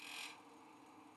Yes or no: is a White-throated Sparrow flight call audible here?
no